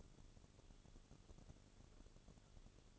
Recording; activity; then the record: daily activity, microphone in the room; take from stove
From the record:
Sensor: 4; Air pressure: 1008.8 hPa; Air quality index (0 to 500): 127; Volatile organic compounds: 1 ppm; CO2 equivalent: 928 ppm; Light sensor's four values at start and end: 10/23/9/9 and 10/23/9/9